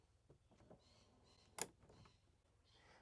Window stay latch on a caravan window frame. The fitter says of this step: And you'll see that lock into place.